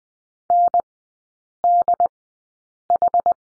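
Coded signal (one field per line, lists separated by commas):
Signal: Morse code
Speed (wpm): 19 wpm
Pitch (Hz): 700 Hz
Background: none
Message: NDH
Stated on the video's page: Morse code course lesson on the letter L, three characters, sent at a Farnsworth speed of 20/10 wpm.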